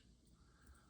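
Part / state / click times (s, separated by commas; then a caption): plastic model wing into model car body / not seated / none. An unpainted spare plastic wing from a parts kit is handled and pressed toward its mounting area on the body of a Testor's Porsche 911 Slant Nose scale model car, unlike the painted wing. Only low, steady handling rumble and soft friction are heard, with no distinct click. Nothing has seated or clicked yet; the wing is not yet home.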